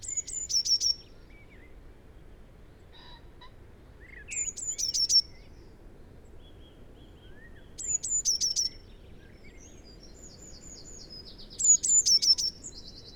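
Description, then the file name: Eurasian blue tit repeating a short song every three to four seconds, each phrase high piercing notes then a quick descending run of repeated notes, soft calls of other birds around. "Cyanistes caeruleus"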